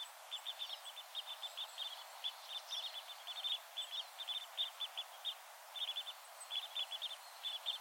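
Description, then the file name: Parrot crossbill calls: many quick clipped notes in uneven clusters with brief pauses, soft hiss behind. "kiefernkreuzschnabel"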